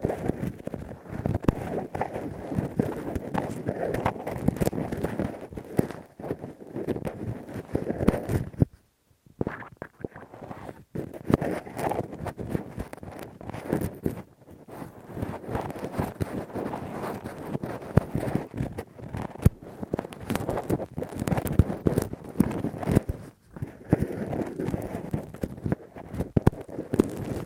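Rough, deep ear cleaning with a Q-tip and ear pick makes a dense, scratchy rubbing that runs almost without pause, heaviest in the low and middle range. The scraping comes in quick, uneven strokes, with a brief silent gap around nine seconds.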